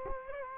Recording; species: mosquito wingbeat signal from an infrared sensor; Culex quinquefasciatus